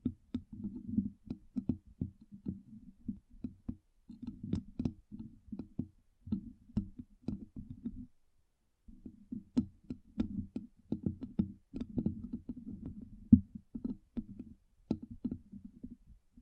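Quick, uneven tapping with a low, muffled thud, clustered in dense bursts with brief pauses, including a clear gap near eight seconds.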